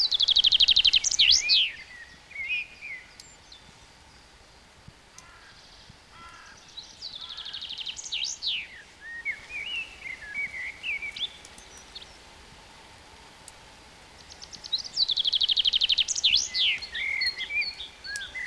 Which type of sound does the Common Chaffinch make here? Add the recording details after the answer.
song. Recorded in the wild. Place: Grindelwald, Bern, CH. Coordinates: 46.6372, 8.04417. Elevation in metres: 1351. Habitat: mountains. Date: 1979-06-07. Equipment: Uher 4000 Report, Sennheiser MKH 815 T. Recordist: Tretzel, Erwin